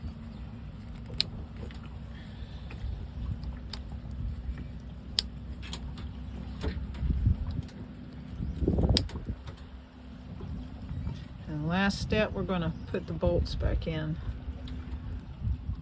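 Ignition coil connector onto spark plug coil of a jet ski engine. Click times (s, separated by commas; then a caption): 1.2 s, 5.2 s, 9.0 s. Ignition coil connectors are pushed one after another onto the spark plug coils of a jet ski engine, and each one latches with a sharp click at 1.2, 5.2 and 9.0 seconds over a steady low engine-bay hum. Someone talks near the end, and the connectors are seated.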